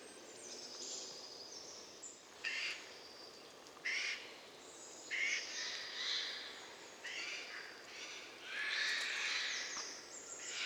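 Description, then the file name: Eurasian jay giving several harsh, rasping screeches, irregularly spaced. "Garrulus glandarius"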